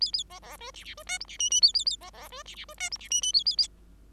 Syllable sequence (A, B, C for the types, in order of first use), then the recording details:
A A B B C D D C E F D G G A A A B B C D D C E F D G G A A A. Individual Bird5